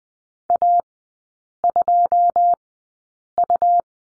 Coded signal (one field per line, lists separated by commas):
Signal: Morse code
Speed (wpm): 20 wpm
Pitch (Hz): 700 Hz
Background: none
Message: A2U